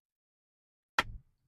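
A Tesery carbon fiber upper shroud trim cover on a Cybertruck is pressed onto its second white clip connector in the headliner mount. After silence, a single loud, sharp snap at 0.99 s is followed by a short low-frequency tail fading out by about 1.3 s. The second trim clip snaps home and the cover is seated.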